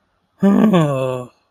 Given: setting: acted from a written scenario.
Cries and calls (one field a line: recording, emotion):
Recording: vocal sound without words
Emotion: guilt